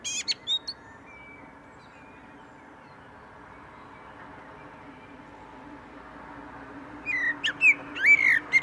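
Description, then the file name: Common blackbird song: a few short high notes, then a long quiet pause before a rapid fluty, twittering phrase near the end, over faint steady background hum. "Turdus merula"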